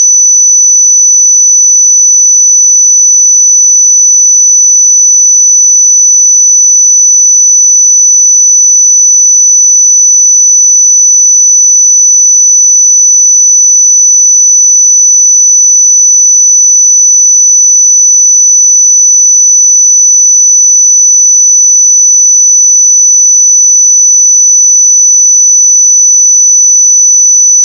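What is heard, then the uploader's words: A pure sine tone at 5982 Hz sounds as a single high, thin whistle. It holds perfectly steady in pitch and loudness for the whole clip, with no breaks, wobble or other sounds behind it. 5982 Hz 1 Hz Interval Sine Pure Tone Frequency 441000 Sample Mono.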